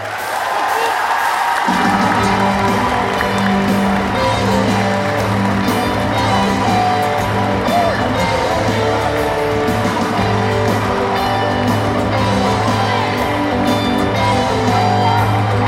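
audience applause and cheering

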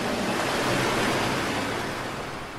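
crashing ocean waves

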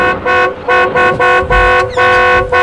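car horn honking

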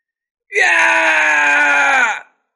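man's agonized scream

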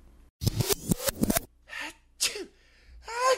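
sneezing fit

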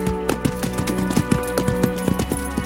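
horse galloping hooves

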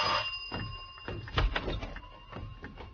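doorbell ringing

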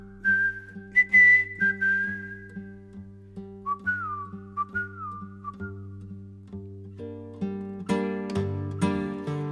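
person whistling a tune

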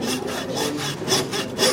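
hand saw cutting wood

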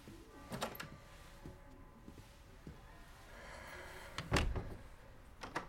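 door closing

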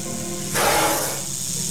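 snake hissing

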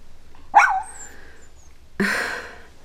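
small dog barking

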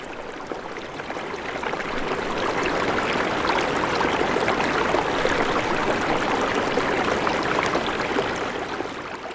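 river water flowing

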